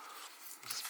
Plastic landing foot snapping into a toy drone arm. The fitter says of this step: lock into place and these little feet that snap into place as well just pop